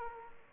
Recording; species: mosquito wingbeat signal from an infrared sensor; Aedes aegypti